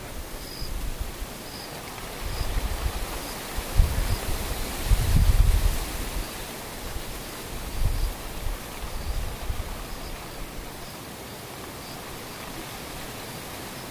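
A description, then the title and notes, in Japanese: A near-silent stretch of soft steady hiss with faint, regularly repeating insect chirps, and low rumbling gusts swelling around the fifth and eighth seconds. ほぼ無音 後半ムシ。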